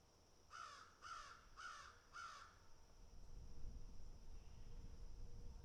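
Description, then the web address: Crow with four rasping caws in a quick series, followed by low rumbling background noise. Several crows picking and eating. "animals crows picking and eating"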